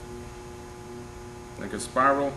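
A metal retaining ring is wound helically into the groove of the reaction arm of a pneumatic torque wrench, under a steady low hum. Someone talks near the end of the clip. Nothing has snapped or seated yet.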